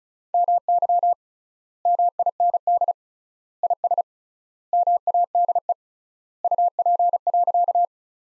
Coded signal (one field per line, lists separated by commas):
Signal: Morse code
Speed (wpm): 36 wpm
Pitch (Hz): 700 Hz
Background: none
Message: MY MIND IS MADE UP.